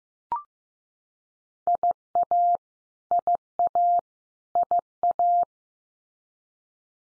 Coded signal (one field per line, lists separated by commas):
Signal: Morse code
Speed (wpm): 15 wpm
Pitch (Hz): 700 Hz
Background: none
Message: IA IA IA